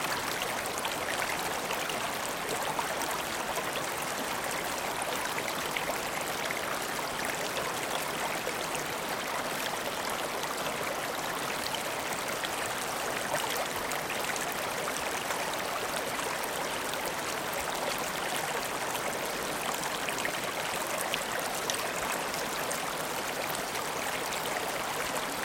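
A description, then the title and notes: A mountain stream rushes without pause, a dense, steady hiss of moving water that fills the mids and highs evenly from start to finish. Fine splashes and trickles flicker throughout, with a soft low rumble of falling water further off beneath them. Pyrenees Mountain Stream. A stream weaves its way past. In the distance a waterfall cascades down the mountain.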